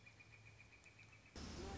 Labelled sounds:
Northern Flicker (Colaptes auratus)
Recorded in Sonoma County, California

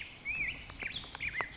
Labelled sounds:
Black-headed Grosbeak (Pheucticus melanocephalus)
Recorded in Sonoma County, California

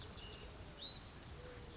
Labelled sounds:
Hutton's Vireo (Vireo huttoni)
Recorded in Sonoma County, California

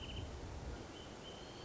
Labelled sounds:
Wrentit (Chamaea fasciata)
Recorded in Sonoma County, California

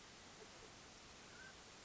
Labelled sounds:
Mountain Quail (Oreortyx pictus)
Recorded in Sonoma County, California

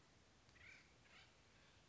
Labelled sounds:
Acorn Woodpecker (Melanerpes formicivorus)
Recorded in Sonoma County, California

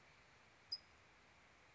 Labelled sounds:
California Towhee (Melozone crissalis)
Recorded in Sonoma County, California

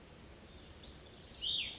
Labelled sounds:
Cassin's Vireo (Vireo cassinii)
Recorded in Sonoma County, California

